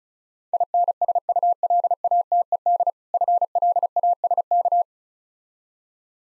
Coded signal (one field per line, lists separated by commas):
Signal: Morse code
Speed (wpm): 36 wpm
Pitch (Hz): 700 Hz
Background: none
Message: INSULATED FLASK